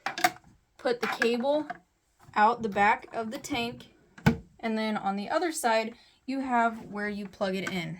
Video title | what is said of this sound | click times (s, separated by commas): 2 in 1 mini fish tank and humidifier | get everything lined up and then give it a slight turn and then it's locked into place | 0.1 s, 0.2 s